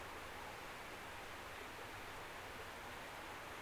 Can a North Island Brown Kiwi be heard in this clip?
no